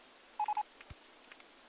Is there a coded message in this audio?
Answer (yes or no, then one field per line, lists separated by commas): no